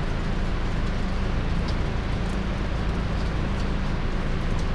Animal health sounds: poultry house recording; no chicken sound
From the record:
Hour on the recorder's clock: 19

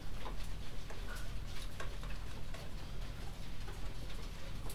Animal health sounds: poultry house recording; no chicken sound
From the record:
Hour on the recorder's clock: 21

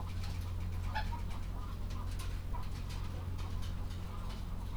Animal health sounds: poultry house recording; sick chickens (respiratory disease)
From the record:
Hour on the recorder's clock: 22

